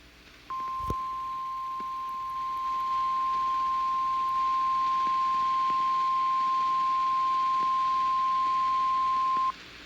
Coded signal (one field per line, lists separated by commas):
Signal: Emergency Alert System (SAME) tones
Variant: 1050 Hz attention tone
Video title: (EAS #9) KJY86 Severe Thunderstorm Warning